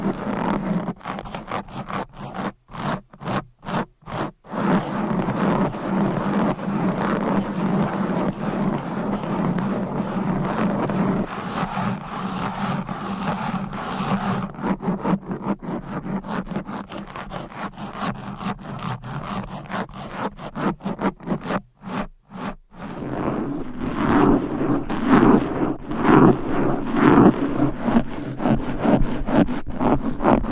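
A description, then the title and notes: Fast, aggressive scratching on a microphone, a dense rough rasping that runs almost without a break. The strokes come in quick bursts with brief silent gaps near 3–4 and 22 seconds, and after about 23 seconds the scraping turns lower and grittier. ASMR Fast and Aggressive Mic Scratching.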